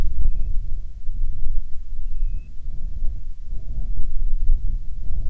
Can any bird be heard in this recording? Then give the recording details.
yes. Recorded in the Prudhoe Bay oil fields, Alaska, on 6 August 2019 at 05:08. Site 22